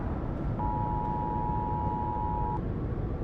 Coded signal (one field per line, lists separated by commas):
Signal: Emergency Alert System (SAME) tones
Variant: 853 and 960 Hz attention tone